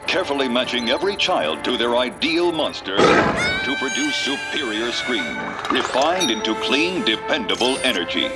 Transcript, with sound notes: Carefully matching every child to their ideal monster...
(Soundbite of bang and child screaming)
...to produce superior screams, refined into clean,
dependable energy.